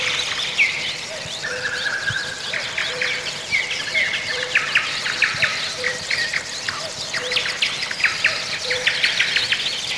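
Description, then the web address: Songbirds chorusing densely, many overlapping whistles, chirps and trills throughout, with a steady low whistled note recurring beneath. Morning chorus of songbirds in spring. "vremena vesna pevchie ptici utrenni hor"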